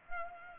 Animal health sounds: mosquito wingbeat signal from an infrared sensor; Culex pipiens

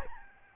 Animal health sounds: mosquito wingbeat signal from an infrared sensor; Aedes albopictus

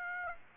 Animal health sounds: mosquito wingbeat signal from an infrared sensor; Aedes aegypti

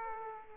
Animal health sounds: mosquito wingbeat signal from an infrared sensor; Aedes aegypti

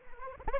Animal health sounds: mosquito wingbeat signal from an infrared sensor; Anopheles arabiensis

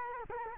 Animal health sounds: mosquito wingbeat signal from an infrared sensor; Culex quinquefasciatus

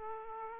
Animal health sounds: mosquito wingbeat signal from an infrared sensor; Aedes aegypti

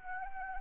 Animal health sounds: mosquito wingbeat signal from an infrared sensor; Anopheles arabiensis

